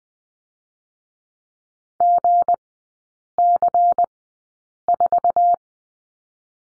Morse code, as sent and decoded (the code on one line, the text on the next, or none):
--. -.-. ....-
GC4